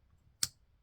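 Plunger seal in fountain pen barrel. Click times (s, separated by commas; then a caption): 0.4 s. A plunger rod is pushed down the barrel of an Asvine V169 Matt Black vacuum-filling fountain pen, with its nib in a bottle of ink, to build a vacuum. At 0.4 s the plunger seal releases at the bottom of the stroke with a single sharp, bright pop that fades quickly over a faint low background rumble. The release lets ink rush into the barrel.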